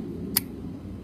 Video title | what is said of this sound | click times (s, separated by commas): Waterfed Fittings | the male nipple press it in until you hear it click it'll | 0.4 s